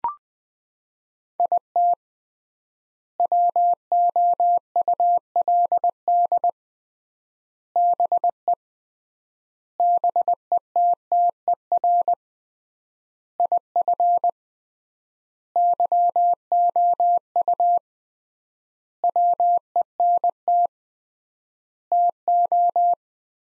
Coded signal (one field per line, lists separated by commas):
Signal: Morse code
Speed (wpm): 20 wpm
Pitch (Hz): 700 Hz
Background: none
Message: IT WOULD BE BETTER IF YOU WENT TO